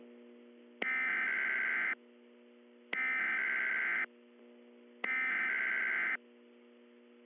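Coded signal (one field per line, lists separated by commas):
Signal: Emergency Alert System (SAME) tones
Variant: header bursts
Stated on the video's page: Simulated EAS tones in a fictional hurricane scenario remaking an earlier scenario loosely based on Resident Evil 7.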